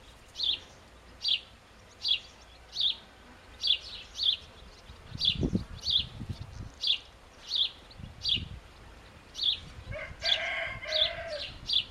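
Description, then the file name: House sparrow chirping repeatedly, some notes doubled, with low thumping noises midway and a brief harsher lower sound near the end. "Passer domesticus"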